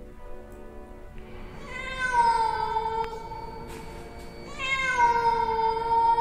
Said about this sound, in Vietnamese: Ở sau lưng tôi, bên kia đường, một con mèo đen đang ngồi chễm chệ. Nó nhìn tôi, nó kêu thêm vài tiếng nữa.